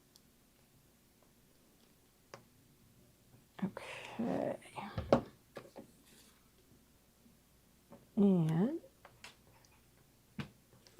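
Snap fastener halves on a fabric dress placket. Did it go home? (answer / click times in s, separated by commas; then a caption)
yes / 10.4 s. Someone talks while handling a sewn dress, with soft rustles and light taps, then presses the two halves of a snap fastener on the fabric dress placket together by hand. A short, sharp snap at 10.4 s marks the fastener snapping shut.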